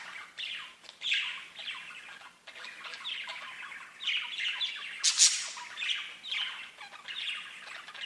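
Budgerigar warbling chatter, scratchy chirps and squawks in uneven bursts, with one loud harsh screech.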